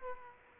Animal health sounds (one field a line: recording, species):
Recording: mosquito wingbeat signal from an infrared sensor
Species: Aedes aegypti